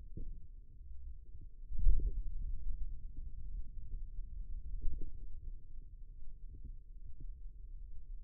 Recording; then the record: forearm muscle sounds (acoustic myography)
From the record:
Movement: ulnar deviation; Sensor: system 2, bracelet of six BSWA MPA416 microphones around the upper forearm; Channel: 4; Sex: male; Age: 22 years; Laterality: right